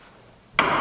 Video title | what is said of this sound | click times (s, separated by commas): Cadillac SRX Windshield Wiper Fluid Nozzle Replacement | you'll hear it click | 0.6 s